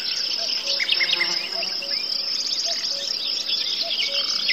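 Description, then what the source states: Crickets and forest birds: shrill cricket chorus with bird chirps and trills, plus soft low two-note hoots recurring roughly every second. Forest soundscape with birds, cuckoos, crickets and a buzzing fly.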